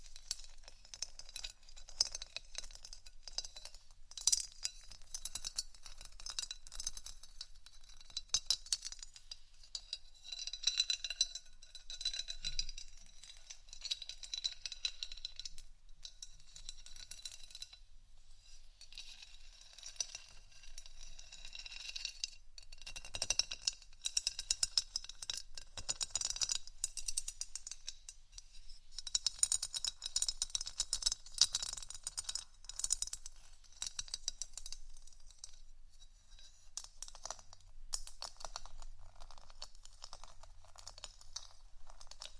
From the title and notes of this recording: ASMR Gentle Scratching & Tapping For Sleep (No Talking).